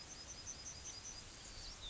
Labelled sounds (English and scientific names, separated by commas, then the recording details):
Yellowhammer (Emberiza citrinella) song
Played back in grassland
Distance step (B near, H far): F
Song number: 110